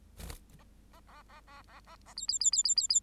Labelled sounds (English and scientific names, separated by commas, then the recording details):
Bengalese Finch (Lonchura striata domestica) song
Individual Bird8